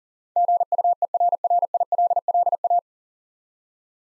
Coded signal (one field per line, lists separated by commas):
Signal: Morse code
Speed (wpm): 40 wpm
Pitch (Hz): 700 Hz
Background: none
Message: GUERRILLA